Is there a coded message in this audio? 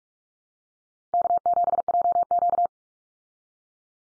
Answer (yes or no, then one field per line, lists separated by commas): yes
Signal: Morse code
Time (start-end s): 1.1-2.7 s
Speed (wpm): 44 wpm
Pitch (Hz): 700 Hz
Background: none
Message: K7JQ